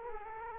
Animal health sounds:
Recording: mosquito wingbeat signal from an infrared sensor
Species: Culex quinquefasciatus

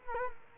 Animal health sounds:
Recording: mosquito wingbeat signal from an infrared sensor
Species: Culex quinquefasciatus

